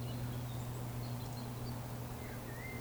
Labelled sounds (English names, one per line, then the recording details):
Eurasian Woodcock whistle
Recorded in Baden-Württemberg, Germany, on 15 June 2020 at 19:20 UTC
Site 14569, 102 m above sea level